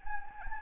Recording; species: mosquito wingbeat signal from an infrared sensor; Anopheles gambiae